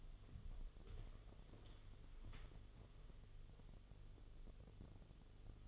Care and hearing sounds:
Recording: daily activity, microphone in the room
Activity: walk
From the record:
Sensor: 4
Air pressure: 1016.2 hPa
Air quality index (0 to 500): 166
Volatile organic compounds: 6 ppm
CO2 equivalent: 1898 ppm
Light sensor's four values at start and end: 10/22/9/8 and 10/22/9/8

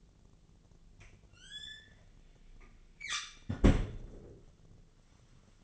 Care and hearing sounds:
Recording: daily activity, microphone in the room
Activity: close fridge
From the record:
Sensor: 4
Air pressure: 1010.5 hPa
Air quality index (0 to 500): 176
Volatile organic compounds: 5 ppm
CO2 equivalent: 1792 ppm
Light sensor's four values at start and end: 27/81/31/32 and 33/96/38/38

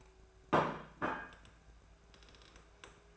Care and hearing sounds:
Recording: daily activity, microphone in the room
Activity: place plate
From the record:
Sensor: 2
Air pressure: 1014.9 hPa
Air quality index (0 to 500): 204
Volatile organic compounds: 20 ppm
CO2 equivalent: 2694 ppm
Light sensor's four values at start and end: 8/19/7/8 and 8/18/7/8

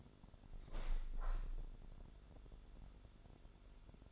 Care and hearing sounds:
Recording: daily activity, microphone in the room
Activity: open window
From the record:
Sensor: 5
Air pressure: 1006.7 hPa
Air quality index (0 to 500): 191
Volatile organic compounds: 5 ppm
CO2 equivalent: 1822 ppm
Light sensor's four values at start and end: 57/162/63/64 and 57/162/63/64

